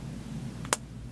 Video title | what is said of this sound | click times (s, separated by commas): Fur Pompom Balls - Product Review | It does. That makes the snap sound. | 0.7 s